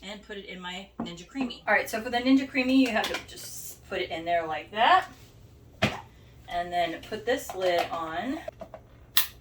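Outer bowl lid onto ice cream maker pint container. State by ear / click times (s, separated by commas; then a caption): seated / 9.2 s. Someone talks while fitting the plastic outer bowl lid onto the pint container of a Ninja Creami ice cream maker and turning it. A sharp knock sounds at 5.8 s. The lid clicks into place at 9.2 s and is seated.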